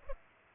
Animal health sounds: mosquito wingbeat signal from an infrared sensor; Culex pipiens

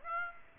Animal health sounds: mosquito wingbeat signal from an infrared sensor; Aedes aegypti

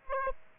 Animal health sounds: mosquito wingbeat signal from an infrared sensor; Aedes aegypti

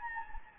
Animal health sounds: mosquito wingbeat signal from an infrared sensor; Anopheles gambiae

